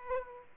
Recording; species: mosquito wingbeat signal from an infrared sensor; Aedes aegypti